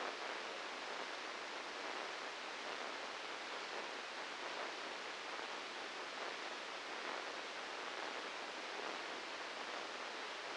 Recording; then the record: brain microelectrode recording played as sound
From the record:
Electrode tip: inside the subthalamic nucleus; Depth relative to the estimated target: -3 mm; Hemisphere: right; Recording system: NeuroSet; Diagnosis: Parkinson's disease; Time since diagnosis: 8 years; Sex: male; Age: 59 years